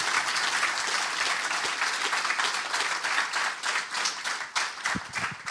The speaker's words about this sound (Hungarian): Ezzel mindig meglepődöm, hogy ilyen sokáig tapsolnak.